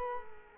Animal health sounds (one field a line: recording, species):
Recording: mosquito wingbeat signal from an infrared sensor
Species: Culex quinquefasciatus